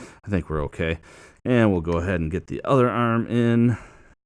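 Someone talks while handling the second plastic arm of a build-a-figure action figure, getting ready to push it into the torso's shoulder socket peg. Only speech is heard, and nothing has seated or clicked yet.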